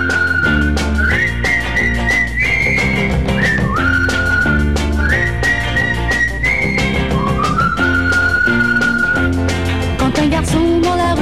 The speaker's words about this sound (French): Un de ses copains, on lui sifflait un petit air qu'il connaît plus ou moins bien. Pour l'appeler, il en prend un truc qu'ils ont mis au point.